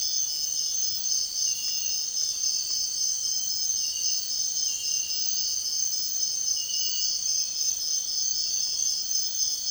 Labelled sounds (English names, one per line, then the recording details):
none
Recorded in dense forest near Puerto Asís, Putumayo, Colombia, on 9 March 2025 at 05:00
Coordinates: 0.499, -76.324
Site GP03